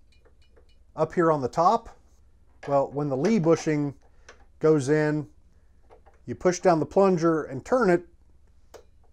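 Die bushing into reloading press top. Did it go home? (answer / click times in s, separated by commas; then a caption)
yes / 8.7 s. A Lee die bushing is set into the top of a reloading press, and its plunger is pushed down and the bushing turned until it locks into place. Someone talks through most of the clip, and then a single sharp click sounds at 8.7 s as the bushing seats.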